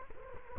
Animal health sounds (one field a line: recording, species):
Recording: mosquito wingbeat signal from an infrared sensor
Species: Culex quinquefasciatus